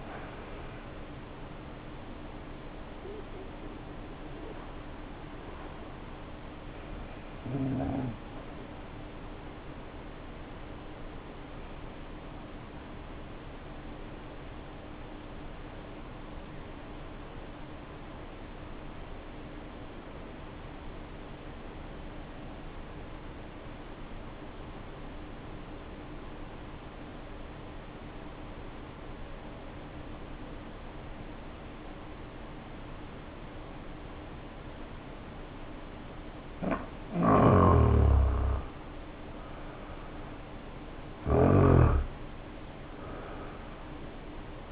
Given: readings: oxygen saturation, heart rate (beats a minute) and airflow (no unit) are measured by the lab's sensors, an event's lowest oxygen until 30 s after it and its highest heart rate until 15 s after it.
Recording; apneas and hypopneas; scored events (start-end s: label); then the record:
breathing in sleep by a voice recorder at the bedside; 1
10.00-38.90 s: hypopnea (N2, oxygen 95% highest, then 79% lowest, heart rate 48 at the start, 69 highest)
From the record:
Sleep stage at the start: N2 (light sleep); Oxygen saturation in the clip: 78 to 95%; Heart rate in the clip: 48 to 71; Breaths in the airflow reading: 5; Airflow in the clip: -5.9 to 7.4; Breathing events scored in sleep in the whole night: 520 in 7.2 hours asleep